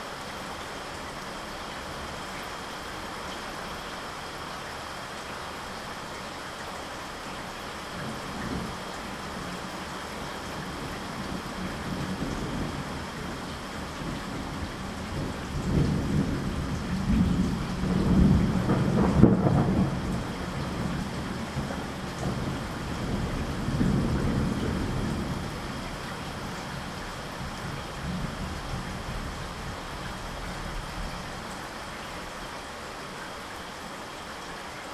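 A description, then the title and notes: Gentle rain hisses steadily throughout. From about eight seconds a low, deep rumble builds, swelling loudest around eighteen to twenty seconds and again near twenty-four, then fading away by about twenty-seven seconds, leaving the soft, even patter alone. The Gentle Rain Relaxes You.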